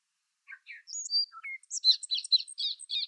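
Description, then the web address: Bobolink song opening with a few scattered notes, then breaking into a jumbled, bubbling cascade of high tinkling, metallic phrases. "Schulze Peter Bobolink song"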